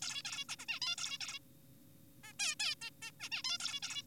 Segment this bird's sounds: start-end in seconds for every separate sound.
0.02-0.22, 0.25-0.45, 0.49-0.56, 0.59-0.65, 0.69-0.79, 0.82-0.96, 0.98-1.18, 1.21-1.39, 2.24-2.33, 2.39-2.55, 2.60-2.75, 2.82-2.90, 3.02-3.11, 3.20-3.29, 3.32-3.43, 3.45-3.58, 3.60-3.80, 3.83-4.03